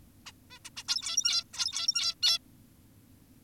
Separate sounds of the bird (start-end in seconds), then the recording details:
0.26-0.32, 0.51-0.59, 0.65-0.70, 0.77-0.84, 0.88-1.44, 1.54-2.15, 2.23-2.38. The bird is an adult. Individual g17y2U